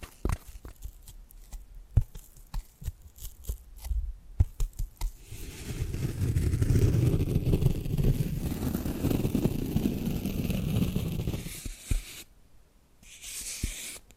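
Sharp taps and clicks come in an uneven run for the first five seconds. From about five to twelve seconds a dense, low rubbing scratch takes over, rising and falling in strength, then drops away, leaving a few brief bright scrapes near the end.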